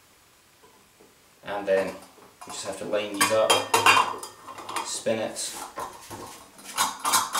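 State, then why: Seated. A juicer cone and strainer assembly is lined up on the body of a manual citrus juicer and spun to twist it into its mount while someone talks over light hard knocks and scrapes of the parts. A single knock at 7.4 s ends the turn as the part locks into place.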